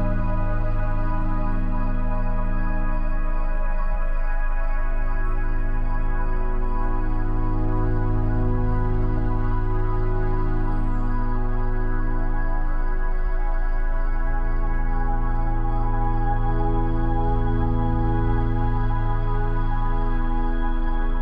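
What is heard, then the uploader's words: Soft, steady crickets pulse faintly up high while a warm, sustained melody of layered held tones swells slowly underneath, constant throughout. Soft crickets and soothing melodies.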